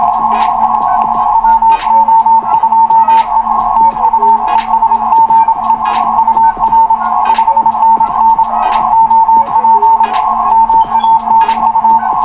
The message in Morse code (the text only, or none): WO2E TU ES GE UR 5NN OP MANU